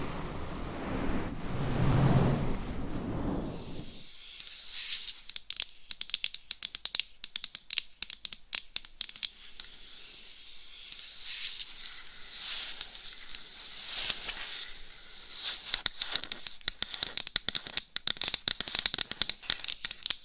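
Microphone scratching opens with a loud, deep, muffled rubbing for about four seconds, then cuts to thin, bright scratching. The rest is a dense, uneven crackle of quick ticks and rasps that swell and fade, growing busier and sharper near the end.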